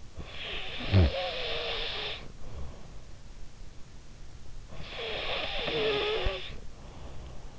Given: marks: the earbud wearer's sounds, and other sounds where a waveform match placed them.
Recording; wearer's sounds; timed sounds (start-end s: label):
sounds in sleep by an in-ear microphone; snoring breath
0.13-3.30 s: snoring breath
4.65-7.59 s: snoring breath